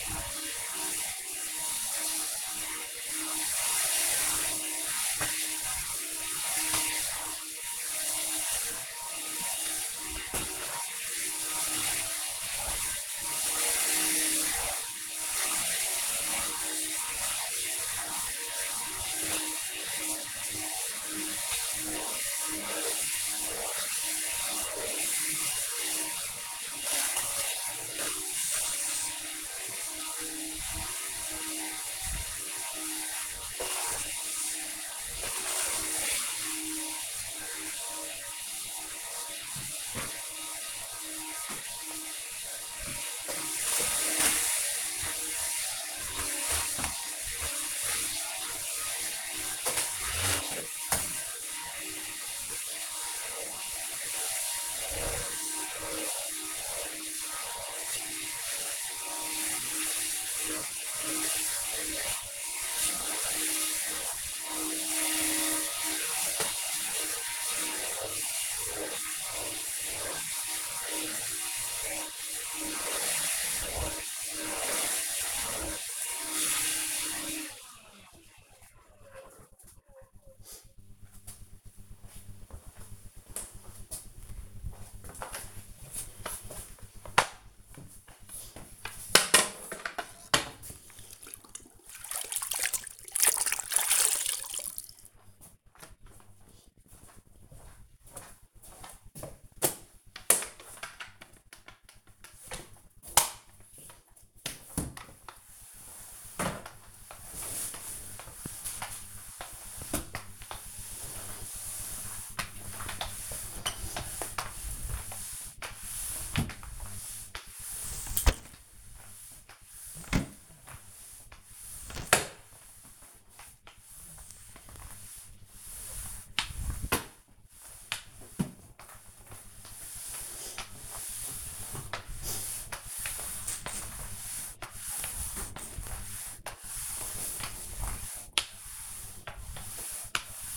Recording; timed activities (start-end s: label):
household activities, microphone on the right wrist
0.00-77.17 s: vacuum cleaning
84.25-140.57 s: floor cleaning